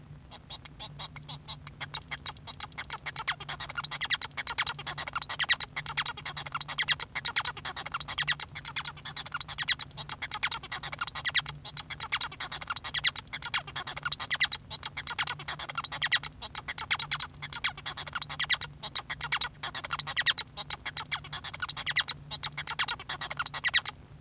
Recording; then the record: song of a male Bengalese finch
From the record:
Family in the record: son of father 1